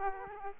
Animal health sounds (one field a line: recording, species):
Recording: mosquito wingbeat signal from an infrared sensor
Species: Aedes aegypti